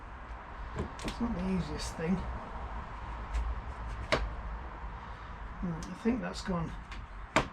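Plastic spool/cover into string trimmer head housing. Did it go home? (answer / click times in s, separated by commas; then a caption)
yes / 7.4 s. Someone talks while fiddling a plastic spool or cover into the line head housing of a two-stroke strimmer, with a sharp knock at 4.1 s. After more handling, the part is pushed home with a short, sharp click at 7.4 s and is locked into place.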